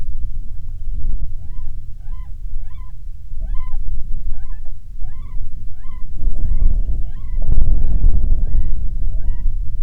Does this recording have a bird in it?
yes